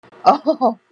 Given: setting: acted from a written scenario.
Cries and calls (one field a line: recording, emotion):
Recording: vocal sound without words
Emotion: positive surprise